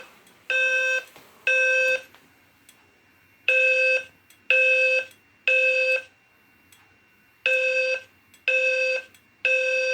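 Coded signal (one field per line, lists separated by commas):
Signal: alarm pattern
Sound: buzzy horn beeping in groups of three half-second blasts, with short pauses between groups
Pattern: temporal three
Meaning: Evacuate the building (fire alarm)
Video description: Female voice evac with Temporal 3 that I actually custom made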